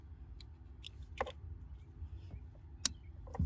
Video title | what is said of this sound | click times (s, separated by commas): Hyundai Tucson 2016-2020 Remote Starter - How To install - Mykey Premium | Have a click. Now that we got this connected, we go into the next part. | 2.9 s